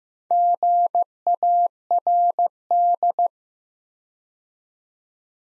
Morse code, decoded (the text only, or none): GARD